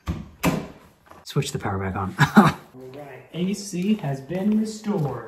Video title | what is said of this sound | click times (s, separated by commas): HAPPY BIRTHDAY TO MY BEAUTIFUL WIFE! - DAY 39 | Press it out on the base until it clicks in place. | 0.1 s